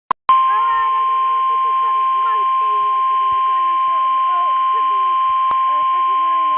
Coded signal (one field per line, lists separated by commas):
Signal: Emergency Alert System (SAME) tones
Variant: 1050 Hz attention tone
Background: speech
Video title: Special Marine Warning (EAS 5)